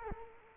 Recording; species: mosquito wingbeat signal from an infrared sensor; Culex quinquefasciatus